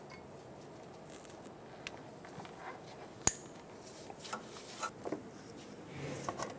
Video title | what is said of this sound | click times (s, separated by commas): How to Replace Exhaust Manifold 2000-2006 Toyota Tundra | push until you hear a click | 3.3 s